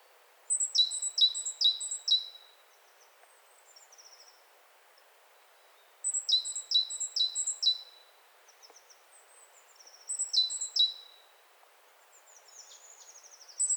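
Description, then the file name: Great tit: clipped, high, downslurred notes in tight groups of about four, repeated every few seconds, with faint thin notes between the bursts. "Parus major"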